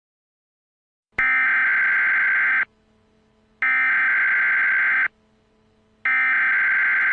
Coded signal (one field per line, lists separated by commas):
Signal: Emergency Alert System (SAME) tones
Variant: header bursts